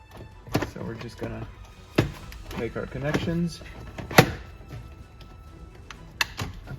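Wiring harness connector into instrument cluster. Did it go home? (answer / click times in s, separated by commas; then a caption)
yes / 6.2 s. Someone talks while reinstalling the plastic instrument cluster of a Nissan Xterra, Frontier, Pathfinder or Equator with 177,000 miles, during an odometer reset knob replacement, amid a few handling knocks. The wiring harness connector is plugged into the back of the cluster and latches with a sharp click at 6.2 s, fully seated.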